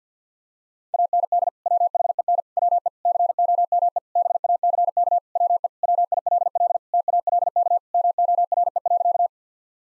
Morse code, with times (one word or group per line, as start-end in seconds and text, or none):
0.9-1.5 AND
1.7-2.4 WHEN
2.6-2.9 WE
3.1-4.0 COME
4.2-5.2 BACK
5.4-5.7 WE
5.8-6.8 WILL
6.9-7.8 TALK
7.9-9.3 MORE.